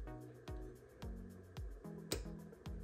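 A light bulb socket is pressed into the housing panel of a Zephyr range hood while faint music-like tones and steady ticks pulse in the background about every half second. At 2.1 s the socket snaps home with a sharp, loud click, and it is seated.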